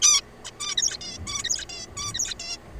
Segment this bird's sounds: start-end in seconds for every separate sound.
0.02-0.21, 0.44-0.51, 0.59-0.76, 0.77-0.97, 1.01-1.18, 1.26-1.43, 1.44-1.65, 1.69-1.87, 1.97-2.13, 2.14-2.34, 2.40-2.57